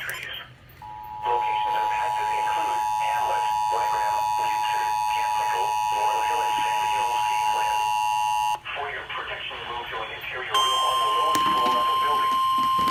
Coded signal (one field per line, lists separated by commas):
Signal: Emergency Alert System (SAME) tones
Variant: 853 and 960 Hz attention tone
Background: speech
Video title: SVR On WXL70 And WLNK-FM EAS #528